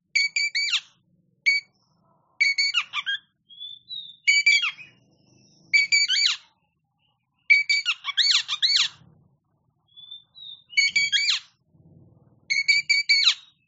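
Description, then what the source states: Oriental magpie-robin song made of repeated squeaky, chattering bursts of high notes, separated by brief gaps, with a few soft whistles between them. Champion singing bird.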